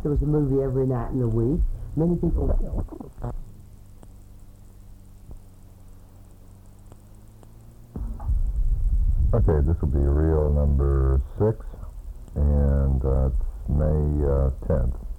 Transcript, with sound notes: There was a movie every night in the week. Many people– [pause]
Okay, this will be reel number six. And it’s May tenth.